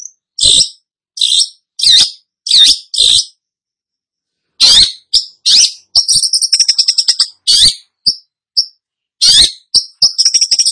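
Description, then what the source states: Long-tailed shrike with harsh buzzy bursts, a short pause, then a fast stuttering run of clipped high notes mixed with further rough calls. Described as gacor, singing vigorously and often.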